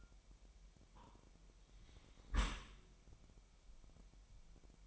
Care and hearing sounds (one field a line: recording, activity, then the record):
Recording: daily activity, microphone in the room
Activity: close dishwasher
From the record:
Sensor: 1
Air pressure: 998.2 hPa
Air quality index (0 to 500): 138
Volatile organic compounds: 4 ppm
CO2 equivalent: 1655 ppm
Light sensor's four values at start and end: 16/54/21/22 and 16/54/21/22